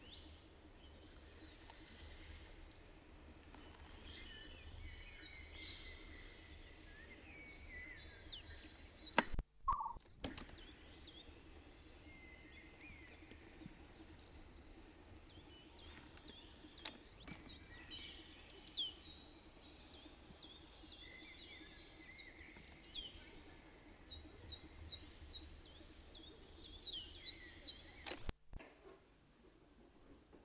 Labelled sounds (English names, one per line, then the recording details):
Eurasian Blue Tit song
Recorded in the wild
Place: Pfälzerwald, Haardt, Rheinland-Pfalz, DE
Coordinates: 49.319, 8.0837
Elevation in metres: 669
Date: 1976-04-20
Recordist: Tretzel, Erwin